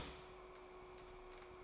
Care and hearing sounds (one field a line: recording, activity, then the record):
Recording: daily activity, microphone in the room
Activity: start toaster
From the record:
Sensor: 1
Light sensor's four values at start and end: 4/9/3/3 and 4/9/3/3